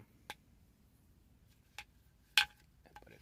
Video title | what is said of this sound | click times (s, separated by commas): TheWannabeOutdoorsman S01E01 | fits nice in there locks in place | 2.4 s